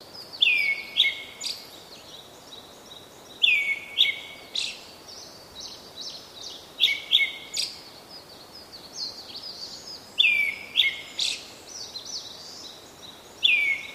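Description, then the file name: Brown-headed thrush song: several phrases about every three seconds, each a slurred downward whistle followed by thin, higher twittering notes. "akahara"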